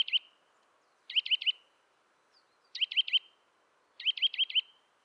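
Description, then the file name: Eurasian nuthatch calling in quick bursts of several sharp, high notes, separated by pauses of about a second. "Sitta europaea"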